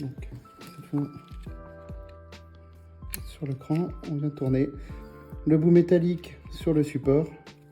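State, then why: Not seated. The metal end of a control cable is turned onto the support in the notch of an Autoterm Y bypass valve, while music plays and someone talks, with a brief sharp sound at 3.1 s. Nothing has seated or clicked yet.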